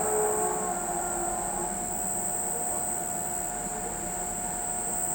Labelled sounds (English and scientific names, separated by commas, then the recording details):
none
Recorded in pastures near Pivijay, Magdalena, Colombia, on 17 April 2023 at 03:30
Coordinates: 10.456, -74.369
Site P6-G026